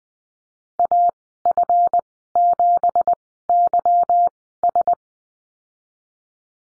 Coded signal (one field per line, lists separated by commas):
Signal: Morse code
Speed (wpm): 20 wpm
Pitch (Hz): 700 Hz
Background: none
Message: AF7YS